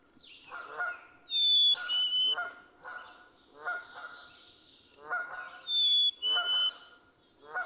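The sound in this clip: Black-capped chickadee song: a clear whistled two-note fee-bee, falling in pitch, given twice, with lower nasal honking notes repeated throughout.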